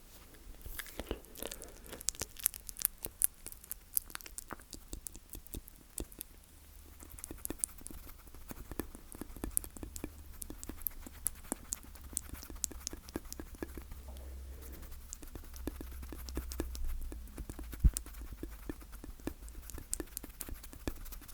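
Slow mouth sounds: wet clicks and pops come in irregular clusters throughout, sharp and bright, over a soft low rumble that swells midway.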